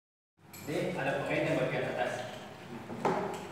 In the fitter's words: Sampai klik ya.